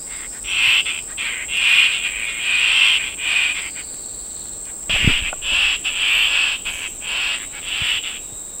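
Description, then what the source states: Fluffy-backed tit-babbler giving harsh, raspy churring bursts in quick succession, each under a second, with short gaps, over a steady high-pitched insect drone. Recorded at Danum, Borneo, on 6 August 2009.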